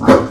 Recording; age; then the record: pig call; growing-finishing pig (85 days or more)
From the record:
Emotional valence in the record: positive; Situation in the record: run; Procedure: transit